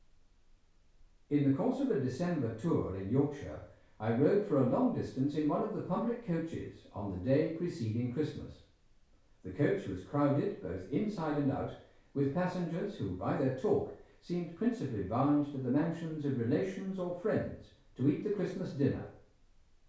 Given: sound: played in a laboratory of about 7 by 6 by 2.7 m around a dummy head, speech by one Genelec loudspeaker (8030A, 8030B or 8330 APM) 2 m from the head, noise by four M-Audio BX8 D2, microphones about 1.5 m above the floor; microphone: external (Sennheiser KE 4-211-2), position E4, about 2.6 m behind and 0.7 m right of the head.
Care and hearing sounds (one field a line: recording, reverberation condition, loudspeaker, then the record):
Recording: male speech in English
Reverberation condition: medium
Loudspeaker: 120 degrees to the right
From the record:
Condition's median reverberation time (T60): about 510 ms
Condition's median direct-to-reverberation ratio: about -0.5 dB